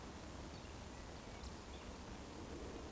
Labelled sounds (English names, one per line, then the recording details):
Eurasian Woodcock
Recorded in Baden-Württemberg, Germany, on 25 June 2020 at 19:52 UTC
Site 14569, 102 m above sea level